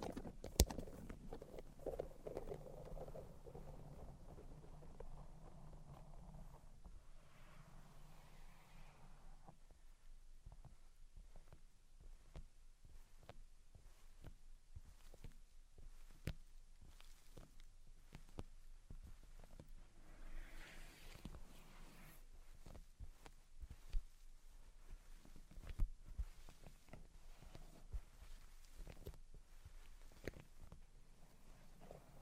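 Tapping, scratching and tracing sounds made of dense, irregular clicks and knocks that run throughout. The first seven seconds carry a low rumbling hum under the taps, then short brighter scratchy passes come around 8 seconds and again near 21 seconds, with sharper knocks scattered across.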